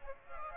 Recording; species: mosquito wingbeat signal from an infrared sensor; Aedes aegypti